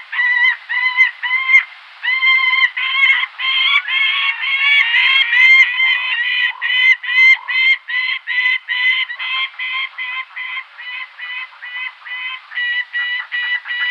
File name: gyrfalcon